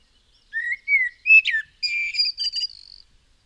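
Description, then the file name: Common blackbird song: a single phrase of rich, rising fluted whistles that breaks into thin, high squeaky twittering notes at the end. "Turdus merula"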